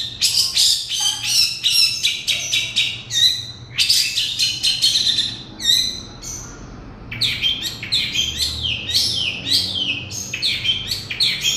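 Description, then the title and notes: Oriental magpie-robin delivering a fast, energetic medley of clicks, squeaky whistles and buzzy chatter, with a brief low note early on and a quiet background hum. "Kicau Kacer. manukmanukan"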